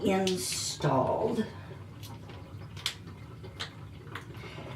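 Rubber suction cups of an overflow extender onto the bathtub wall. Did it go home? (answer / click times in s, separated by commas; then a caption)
yes / 2.9 s, 3.6 s, 4.2 s. Someone talks while installing a plastic bath overflow extender over a bathtub's overflow drain, pressing its little rubber suction cups one after another onto the tub wall. Sharp snaps are heard at 2.9, 3.6 and 4.2 seconds as each suction cup seats firmly in place.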